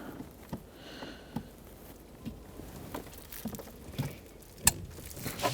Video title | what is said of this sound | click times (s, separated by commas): How to Replace HVAC Blend Door Actuator 2000-2007 Ford Taurus | Hear the click and you know it's in. | 4.7 s